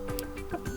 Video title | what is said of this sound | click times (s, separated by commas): How to Change Straps on APPLE Watch 9 | and when when you hear the click that means that this trap basically clicked and and it will hold | 0.2 s